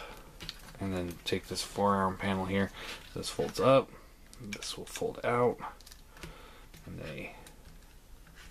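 Someone talks while handling the plastic forearm panels on the arm of a Unique Toys Mania King transforming robot figure in its vintage color version, folding one panel up and another out. Brief plastic taps from the handling come near 0.5 s and around 5.9 to 6.2 s. Nothing has seated or locked into place yet.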